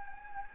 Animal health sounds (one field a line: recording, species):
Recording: mosquito wingbeat signal from an infrared sensor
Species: Anopheles gambiae